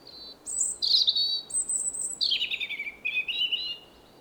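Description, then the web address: European robin song: high piercing whistles alternating with falling warbled trills, a long wistful phrase sinking lower toward the end. "SETE Erithacus rubecula"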